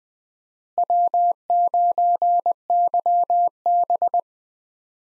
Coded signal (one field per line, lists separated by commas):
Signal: Morse code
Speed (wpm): 20 wpm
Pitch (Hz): 700 Hz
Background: none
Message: W9YB